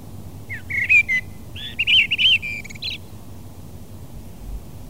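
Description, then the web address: Common blackbird song: a fluty warbled phrase of rising and falling whistles, then a second fluty warbled phrase ending in a higher note. "fugler svarttrost"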